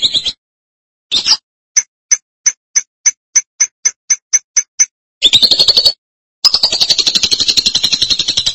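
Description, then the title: Lovebird song with a brisk series of evenly spaced sharp ticking notes, followed by dense, high, buzzy chattering trills. "BM Suara Burung Lovebird"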